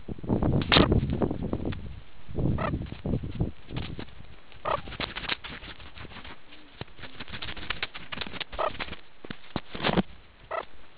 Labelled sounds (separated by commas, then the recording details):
meerkat close call
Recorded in the Kuruman River Reserve, South Africa
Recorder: an audio tag on a meerkat's collar